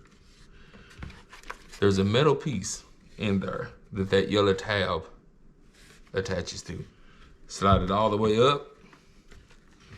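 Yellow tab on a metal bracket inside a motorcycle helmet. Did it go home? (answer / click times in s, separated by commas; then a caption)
no / none. Someone talks while handling a motorcycle helmet part, sliding its yellow tab all the way up onto a metal bracket inside the helmet as the helmet is put back together after cleaning. A few faint taps and rustles sound between the speech. Nothing has seated or snapped in yet.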